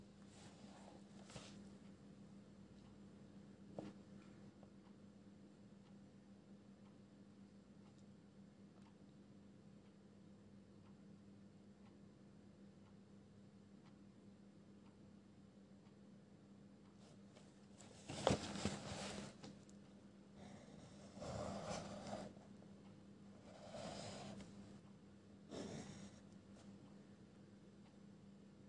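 Pencil sounds and page handling against a steady low hum that runs the whole way. The first half is quiet apart from a couple of soft ticks; from about eighteen seconds, short bursts of papery scratching and rustling arrive every few seconds.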